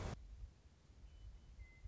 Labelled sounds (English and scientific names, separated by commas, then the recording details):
Western Meadowlark (Sturnella neglecta)
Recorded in Sonoma County, California